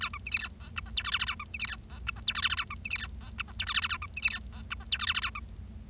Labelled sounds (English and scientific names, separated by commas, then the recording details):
Bengalese Finch (Lonchura striata domestica) song
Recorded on 25 March 2012 at 15:21
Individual gy6or6